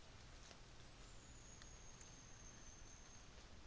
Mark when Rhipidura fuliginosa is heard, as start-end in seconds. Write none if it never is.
0.70-3.53